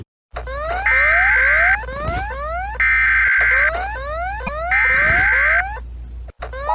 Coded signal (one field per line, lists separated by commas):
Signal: Emergency Alert System (SAME) tones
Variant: header bursts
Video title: Gatitos reaccionan a EAS del mundo|| Alarmas del mundo con gatitos de fondo Parte 6 🐈